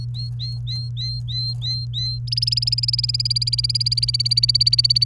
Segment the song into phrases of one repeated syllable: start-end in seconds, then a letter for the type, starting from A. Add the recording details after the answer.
0.00-2.19 A, 2.27-5.05 B. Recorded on 29 April 2018 at 07:03. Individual llb3